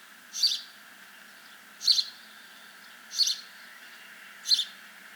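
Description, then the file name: House sparrow giving four evenly spaced chirps, each a brief high double note, with a low constant hum beneath. "Passer domesticus"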